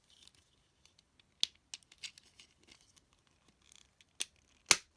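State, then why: Seated. The plastic body section of a Transformers Siege Deluxe Class Elita-1 action figure is pulled back during transformation, with scattered light scraping and sharp ticks from the plastic parts, including a strong snap near 1.4 s. It clicks into its rearmost locked position with two crisp clicks at 4.2 s and 4.7 s, the second the loudest, and is seated.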